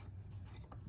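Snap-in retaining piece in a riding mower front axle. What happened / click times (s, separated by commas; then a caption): A small retaining clip popped free / 0.7 s. A small snap-in retaining piece is pried by fingers out of the front axle assembly of a 2008/2018 Troy Bilt XP riding mower, with a low, steady hum and faint scraping as it is worked one-handed. A short, sharp pop at 0.7 s marks the piece releasing and popping free.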